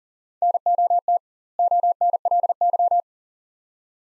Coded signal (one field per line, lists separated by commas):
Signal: Morse code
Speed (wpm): 38 wpm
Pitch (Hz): 700 Hz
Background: none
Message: NOT ONLY